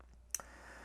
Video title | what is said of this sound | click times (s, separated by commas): Samsung S20 Series SUPCASE Unicorn Beetle Style/Pro - Unboxing and First Look | then you can pull it up and it locks in place so | 0.3 s